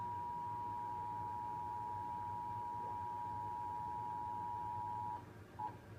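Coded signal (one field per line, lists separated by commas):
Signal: Emergency Alert System (SAME) tones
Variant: 853 and 960 Hz attention tone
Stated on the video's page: Northern Virginia required monthly EAS tests.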